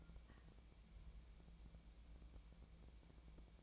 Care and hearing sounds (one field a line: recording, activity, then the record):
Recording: daily activity, microphone in the room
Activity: take from stove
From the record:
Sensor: 1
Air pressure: 1000.0 hPa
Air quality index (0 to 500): 134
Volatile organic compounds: 2 ppm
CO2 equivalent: 1262 ppm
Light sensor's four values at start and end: 40/102/43/53 and 40/102/43/53